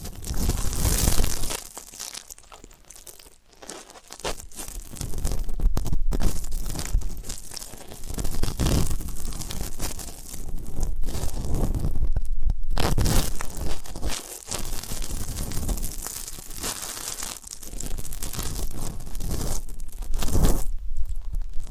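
Close ASMR ear-cleaning sounds: dense crackling, scratching and crinkling rub on and off in uneven bursts across the whole clip. Brief quiet gaps fall near 3.5, 12.5 and 14 seconds, and a soft low rumble sits under the textured scraping.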